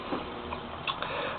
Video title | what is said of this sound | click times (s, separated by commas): FN FNS 40 Field Strip and Reassembly | and it locks into place | 0.5 s, 1.0 s